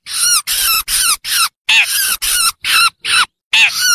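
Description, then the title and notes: Long-tailed Shrike delivering scratchy chattering phrases in quick succession, with downslurred squeaky notes. "Kicau Burung Cendet"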